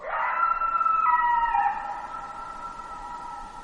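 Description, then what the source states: Coyote howl, a sustained harmonic note that steps down in pitch midway and trails off, with faint background hiss. Alaska, 12 July 2017, 23:39.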